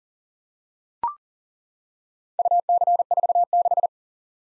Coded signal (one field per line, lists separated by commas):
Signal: Morse code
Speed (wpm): 42 wpm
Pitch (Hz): 700 Hz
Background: none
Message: UC46